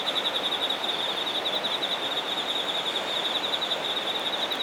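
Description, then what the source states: Insect song, a bright high trill of quick pulses running the whole time over a wash of background hiss. Shinagawa, Japan.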